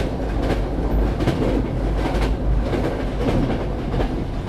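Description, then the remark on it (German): A train on the line from Scotland to London rumbles steadily along the rails, its deep continuous roar broken by regular rhythmic clacks of the wheels passing over track joints, with no voices. “In diesem Zug pflegten sich früher interessante Leute zu treffen.”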